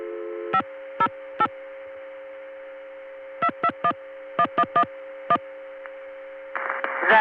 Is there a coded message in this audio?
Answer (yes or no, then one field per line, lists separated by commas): yes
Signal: DTMF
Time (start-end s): 0.5-5.4 s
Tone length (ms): 60 ms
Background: speech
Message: 508 2211111